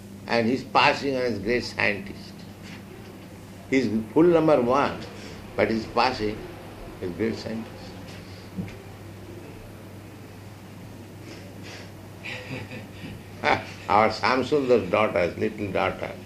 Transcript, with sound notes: And he's passing as great scientist. He's fool number one, but he's passing as great scientist. [laughter] Hah! Our Śyāmasundara's daughter, little daughter,